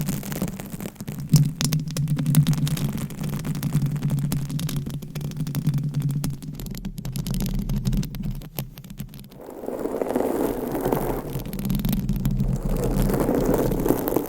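Mic scratching for ASMR: a steady, dense rasp of quick scratchy clicks with a low rumbling body for the first nine seconds. Around the ninth second the texture shifts to a rougher, fuller rubbing sound that continues evenly to the end.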